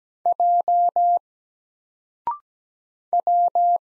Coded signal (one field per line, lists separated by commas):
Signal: Morse code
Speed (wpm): 17 wpm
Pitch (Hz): 700 Hz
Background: none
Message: J W